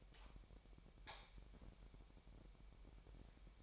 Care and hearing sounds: daily activity, microphone in the room; light on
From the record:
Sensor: 1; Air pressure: 1012.0 hPa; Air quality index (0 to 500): 233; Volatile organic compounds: 6 ppm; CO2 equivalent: 1854 ppm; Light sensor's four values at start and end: 12/29/12/14 and 15/40/16/18

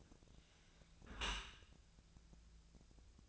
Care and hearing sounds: daily activity, microphone in the room; close dishwasher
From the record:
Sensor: 2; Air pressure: 1000.4 hPa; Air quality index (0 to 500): 165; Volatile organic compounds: 3 ppm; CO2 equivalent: 1367 ppm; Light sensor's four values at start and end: 11/30/12/13 and 11/30/12/13

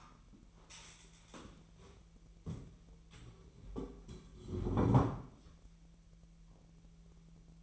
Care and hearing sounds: daily activity, microphone in the room; stand up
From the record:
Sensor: 1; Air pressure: 1001.9 hPa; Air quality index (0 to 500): 245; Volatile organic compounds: 113 ppm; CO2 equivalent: 3836 ppm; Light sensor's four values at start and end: 11/27/11/13 and 11/27/11/13

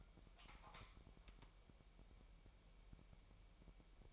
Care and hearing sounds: daily activity, microphone in the room; light on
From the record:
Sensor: 1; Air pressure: 1002.0 hPa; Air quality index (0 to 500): 249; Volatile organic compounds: 53 ppm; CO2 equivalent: 3339 ppm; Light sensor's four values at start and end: 5/11/4/5 and 9/27/10/12

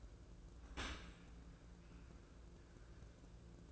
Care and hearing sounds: daily activity, microphone in the room; open dishwasher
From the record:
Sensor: 2

